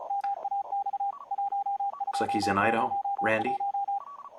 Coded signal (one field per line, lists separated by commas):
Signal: Morse code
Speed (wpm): 34 wpm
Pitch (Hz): 810 Hz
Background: speech, radio noise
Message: MAX 1201